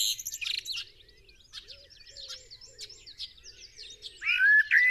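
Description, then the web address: Common blackbird calling with loud harsh chattering notes at the start, a busy background of high chirps and twitters from other birds, then a clear rising whistle near the end. "SETE data Turdus merula"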